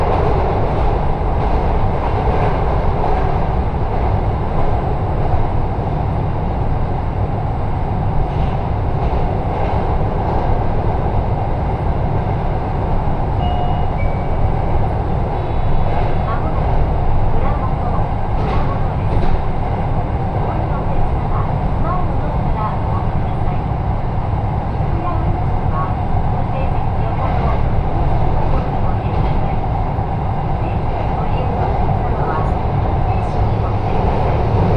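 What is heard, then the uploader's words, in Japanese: A train ride on the Echigo Tokimeki Railway, with a steady, dense rumble of the railcar filling the low end throughout. Faint rattles and clicks come and go over the constant roar, and indistinct voices appear now and then in the background. 耳で楽しむ鉄道旅 えちごトキめき鉄道 高田→直江津→糸魚川。ディーゼルカー1両で足りてしまいます。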